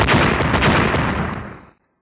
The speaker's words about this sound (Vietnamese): Hai tiếng nổ mạnh liên tiếp vang lên. Mặt ngoài trọng thủy chân luân lập tức bộc phát ra mảng lớn tia lửa màu đen.